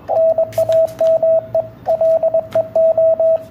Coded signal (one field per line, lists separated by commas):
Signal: Morse code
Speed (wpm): 22 wpm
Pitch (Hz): 650 Hz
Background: radio noise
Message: NAME LEO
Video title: QSO CW com 9A2V Very Nice